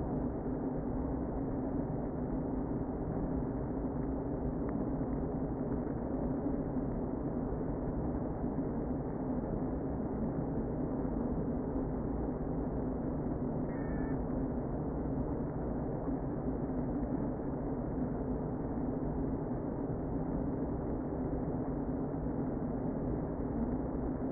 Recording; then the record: honeybee colony, microphone inside the hive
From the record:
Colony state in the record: queen present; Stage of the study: before two queens were removed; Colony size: about 60,000 bees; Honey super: yes